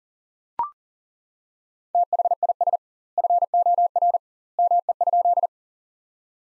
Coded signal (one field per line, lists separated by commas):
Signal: Morse code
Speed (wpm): 40 wpm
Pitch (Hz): 700 Hz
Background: none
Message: THIS FOR ME?